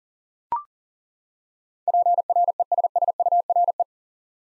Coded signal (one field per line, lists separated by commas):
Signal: Morse code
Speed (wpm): 40 wpm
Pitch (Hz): 700 Hz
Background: none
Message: PRESSURE